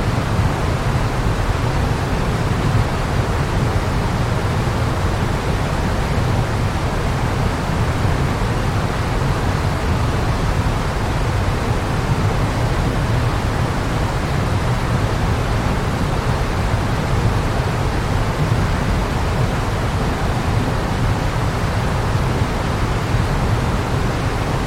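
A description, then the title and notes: A distant waterfall pours in a steady, unbroken rush for the whole stretch. The roar is dense and even, weighted toward a deep low rumble with a softer hiss above, and it never swells or changes. No other sounds stand out. Waterfall in the Distance. The sound of flowing waterfall white noise.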